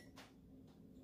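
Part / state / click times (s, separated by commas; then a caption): crimped wire terminal into heater wiring connector housing / not seated / none. A crimped metal wire terminal is handled near its cavity in a plastic connector housing for a heater's wiring during a UTV heater install on a Polaris Ranger 900XP. Soft broadband rustling bursts at about 0.2 s and 0.7 s sit over a steady low hum. Nothing has seated or clicked yet.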